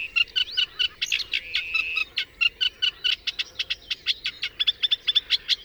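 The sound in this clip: Bird song: rapid rhythmic chirping with a brief level whistled trill early on.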